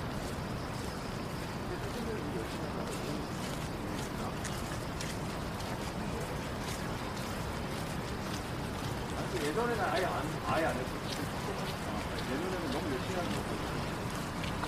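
Traffic and murmuring voices blend into a steady, dense wash of sound on a rainy downtown walk. A low rumble of passing cars runs underneath throughout, with scattered ticks and taps overhead. Around ten seconds a brief louder swell rises, possibly a voice or vehicle.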